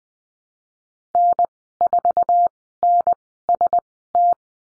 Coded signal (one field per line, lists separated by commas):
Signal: Morse code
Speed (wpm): 20 wpm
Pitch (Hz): 700 Hz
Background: none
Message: N4NST